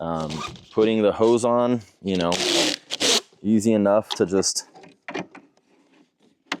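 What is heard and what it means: Someone talks as a flexible air hose is fitted onto the outlet port of a Cybertake S2 Pro portable air conditioner and pushed on. A few soft handling knocks follow around 5.1 to 5.6 seconds. A sharp click at 6.5 seconds marks the hose snapping into place, fully seated.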